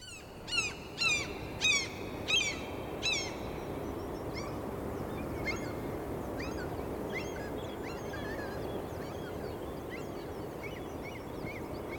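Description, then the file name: Gull giving a series of sharp, sweeping yelping calls, loud at first and then fainter and scattered, over a steady rushing background noise. "Seagull"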